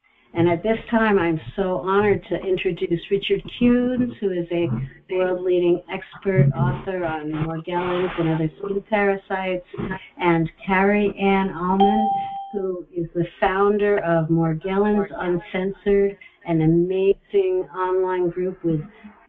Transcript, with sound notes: and at this time, I'm so honored to introduce Richard Kunes, who is a world-leading expert, author on Morgellons and other skin parasites, and Kerryann Allman, (bell dings) who is the founder of Morgellons Uncensored, an amazing online group with